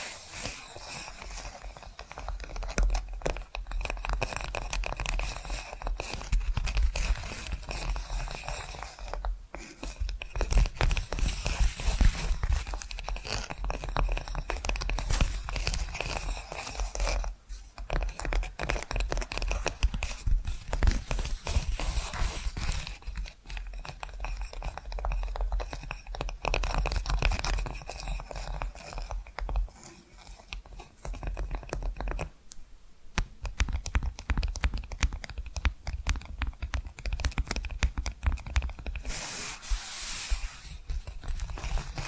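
Tapping and scratching go on without pause, a dense run of crisp, bright scrapes and rustles mixed with quick, irregular taps. The texture shifts every few seconds between rougher tearing-like scratches and lighter strokes, with short quieter gaps near 17 and 32 seconds.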